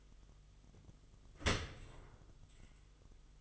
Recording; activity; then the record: daily activity, microphone in the room; open dishwasher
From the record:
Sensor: 4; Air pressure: 1005.6 hPa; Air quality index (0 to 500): 112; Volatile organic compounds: 3 ppm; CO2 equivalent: 1396 ppm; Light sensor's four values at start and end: 11/26/10/10 and 11/25/10/10